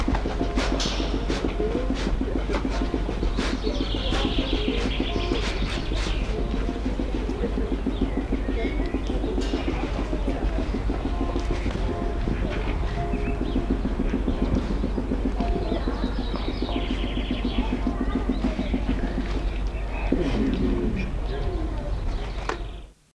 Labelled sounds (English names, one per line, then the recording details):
Andean Condor call
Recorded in captivity
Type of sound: call
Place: Zoo Augsburg, Bayern, DE
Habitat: river
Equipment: Halbspur, 9,5 cm/s
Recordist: Lütgens, Hans
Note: Lautfolgendes Männchen, Kopula